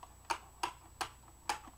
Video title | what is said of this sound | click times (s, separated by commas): part 3- custom Buzz Bee double shot Shotgun | But you take it and you pull it like this. You'll hear 4 clicks. | 0.3 s, 0.6 s, 1.0 s, 1.5 s